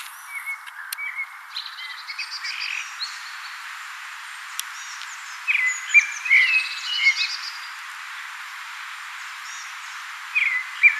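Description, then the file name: Common blackbird giving soft, scratchy high twitters, then a loud mellow fluted phrase with a squeaky ending, and a final phrase starting near the close. "Turdus merula"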